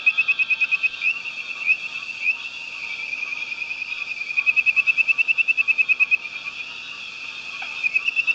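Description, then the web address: Tree frog calls, fast trains of short, bright pulsed notes repeated several times a second, over a constant buzzing background. "frogs Family Hylidae"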